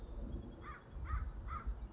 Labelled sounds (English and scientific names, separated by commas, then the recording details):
American Crow (Corvus brachyrhynchos)
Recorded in Sonoma County, California